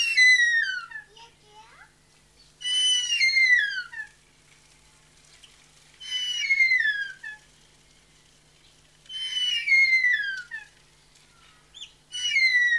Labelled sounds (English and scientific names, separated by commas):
Harpy Eagle (Harpia harpyja) call